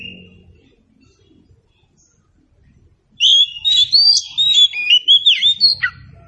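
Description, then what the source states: Oriental magpie-robin bursts into a lively whistled phrase after a quiet start, mixing sweet slurs, trills and abrupt downward notes. Indonesian title says the recording is meant to make magpie-robins sing in reply.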